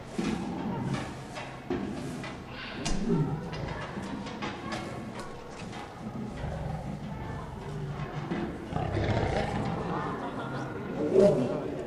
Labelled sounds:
Lion (Panthera leo)
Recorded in captivity
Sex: female
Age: adult
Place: Zoo Leipzig, Sachsen, DE
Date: 1959-09-18 14:30
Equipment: Reporter (Vollspur)
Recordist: TSA

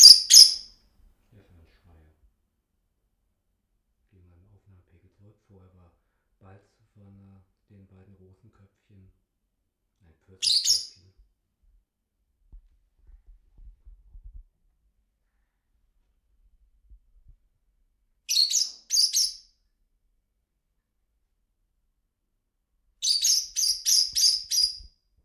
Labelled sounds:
Fischer's Lovebird (Agapornis fischeri)
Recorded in captivity
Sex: pair
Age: adult
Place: Zepernick, Barnim, Brandenburg, DE
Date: 2005-03-23 12:27
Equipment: Tascam DA-P1, Sennheiser MKH 70, Windschutz
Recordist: Frommolt, Karl-Heinz
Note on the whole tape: In Zimmervoliere gehaltenes Geschwisterpaar (geschlüpft Anfang August 2000): Balz und Fluggeräusche. Erste Rufe übersteuert!!! Entfernung 2 m

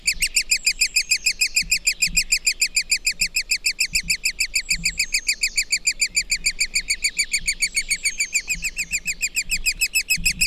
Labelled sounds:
Great Spotted Woodpecker (Dendrocopos major) call
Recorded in the wild
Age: juvenile
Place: Krüseliner Mühle, Feldberger Seenlandschaft, Mecklenburg-Vorpommern, DE
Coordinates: 53.2711, 13.4233
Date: 2000-05-27
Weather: wolkenlos, 15°C
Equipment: Sony TCD-D8, Telinga Pro 5
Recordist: Frommolt, Karl-Heinz
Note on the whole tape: Rufe von Jungspechten in Höhle. Höhle ist ca. 2,50 m über dem Boden. Entfernung 1 m

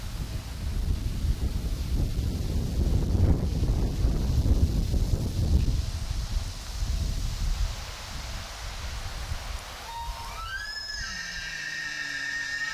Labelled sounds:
Red Deer (Cervus elaphus) rut call
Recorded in the wild
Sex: diverse
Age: adult
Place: Banff National Park, Rocky Mountains, Alberta, CA
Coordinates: 51.1781, -115.556
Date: 1991-09-19 20:15
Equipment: Sony WM-D6C, Sony ECM-939 LT (Stereo), Kopie Uher 4400 IC
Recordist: Frommolt, Karl-Heinz

